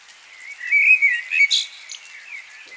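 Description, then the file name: Common blackbird giving a short run of whistled, chattering notes that peak in the first second and a half, then fade into softer high chirps over light background hiss. "Turdus merula"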